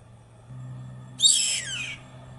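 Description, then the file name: White hawk call, a single rough, high screech that drops in pitch and fades within under a second, with a low droning hum before it. "canto do gaviao branco"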